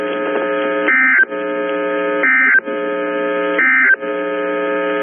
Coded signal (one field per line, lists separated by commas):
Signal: Emergency Alert System (SAME) tones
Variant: end-of-message bursts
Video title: Sioux Falls SD NOAA Weather Radio Severe Thunderstorm Warning EAS WXM28 5 23 PM 5 12 2022